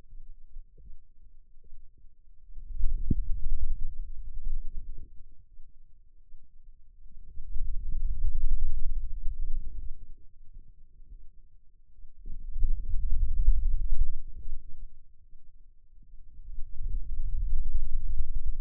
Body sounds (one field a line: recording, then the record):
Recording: forearm muscle sounds (acoustic myography)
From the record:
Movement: hand closing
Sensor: system 2, bracelet of six BSWA MPA416 microphones around the upper forearm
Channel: 1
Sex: male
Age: 22 years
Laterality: right